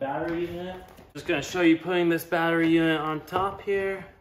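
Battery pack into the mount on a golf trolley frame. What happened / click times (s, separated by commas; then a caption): No seating snap yet; only someone talking / none. A 12V battery unit is being handled above its mount on top of an electric golf caddy (Super E Caddy The Weekender) frame, about to be pushed down until it locks. Someone talks throughout, with only faint handling noise between phrases. Nothing has seated or clicked yet.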